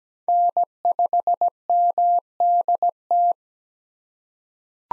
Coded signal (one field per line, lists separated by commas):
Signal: Morse code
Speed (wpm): 17 wpm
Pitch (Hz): 700 Hz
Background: none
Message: N5MDT